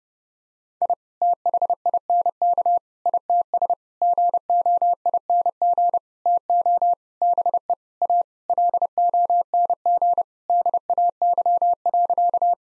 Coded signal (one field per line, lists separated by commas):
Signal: Morse code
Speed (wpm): 32 wpm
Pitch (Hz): 700 Hz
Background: none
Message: I THINK ITS GOING TO BE A LONG DAY.